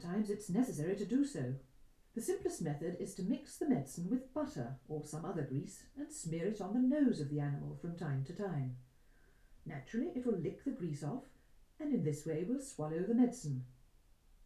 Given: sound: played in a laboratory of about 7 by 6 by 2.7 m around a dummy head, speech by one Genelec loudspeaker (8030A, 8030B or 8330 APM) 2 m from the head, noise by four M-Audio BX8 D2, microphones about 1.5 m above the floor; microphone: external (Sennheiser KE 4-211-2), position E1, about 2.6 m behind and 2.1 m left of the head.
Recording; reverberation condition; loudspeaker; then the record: female speech in English; low; 120 degrees to the left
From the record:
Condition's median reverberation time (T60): about 310 ms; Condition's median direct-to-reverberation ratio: about 3.5 dB